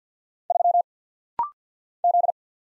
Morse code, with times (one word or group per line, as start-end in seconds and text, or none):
0.5-0.8 3
2.0-2.3 Z